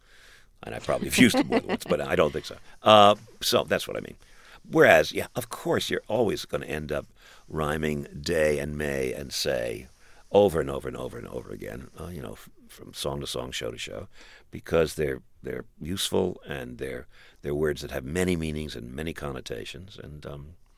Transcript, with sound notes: And I probably have used them more than once but I don't think so.
(SOUNDBITE OF LAUGHTER)
So that's what I mean. Whereas, yeah, of course you're always going to end up rhyming day and may and say over and over and over again, you know, from song to song, show to show, because they're useful and they're words that have many meanings and many connotations.